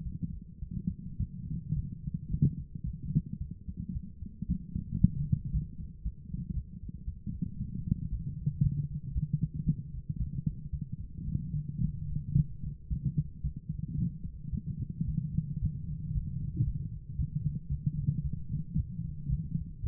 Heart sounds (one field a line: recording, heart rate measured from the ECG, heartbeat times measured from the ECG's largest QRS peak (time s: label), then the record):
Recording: heart sounds by stethoscope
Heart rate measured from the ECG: 112 bpm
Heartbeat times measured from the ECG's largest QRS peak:
0.03 s: heartbeat
0.60 s: heartbeat
1.18 s: heartbeat
1.74 s: heartbeat
2.29 s: heartbeat
2.84 s: heartbeat
3.39 s: heartbeat
3.93 s: heartbeat
4.47 s: heartbeat
5.00 s: heartbeat
5.52 s: heartbeat
6.03 s: heartbeat
6.54 s: heartbeat
7.05 s: heartbeat
7.58 s: heartbeat
8.10 s: heartbeat
8.62 s: heartbeat
9.13 s: heartbeat
9.65 s: heartbeat
10.18 s: heartbeat
10.71 s: heartbeat
11.26 s: heartbeat
11.80 s: heartbeat
12.35 s: heartbeat
12.88 s: heartbeat
13.42 s: heartbeat
13.96 s: heartbeat
14.51 s: heartbeat
15.06 s: heartbeat
15.60 s: heartbeat
16.13 s: heartbeat
16.65 s: heartbeat
17.17 s: heartbeat
17.69 s: heartbeat
18.22 s: heartbeat
18.76 s: heartbeat
19.29 s: heartbeat
19.82 s: heartbeat
From the record:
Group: healthy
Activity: light exercise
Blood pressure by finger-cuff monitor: 88/36 mmHg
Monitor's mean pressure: 53 mmHg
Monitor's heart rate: 111 bpm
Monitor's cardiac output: 13.3 L/min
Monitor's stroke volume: 121 mL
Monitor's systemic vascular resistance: 260 dyn s/cm5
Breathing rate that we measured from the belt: 16 breaths a minute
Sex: female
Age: 24 years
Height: 163 cm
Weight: 55.7 kg